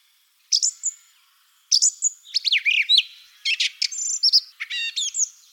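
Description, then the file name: Song thrush song: a short opening phrase, then dense, varied phrases of sliding whistles and sharp repeated notes. "Drozd pevchij Turdus philomelos - Penie"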